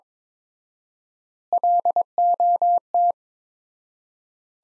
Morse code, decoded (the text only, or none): LOT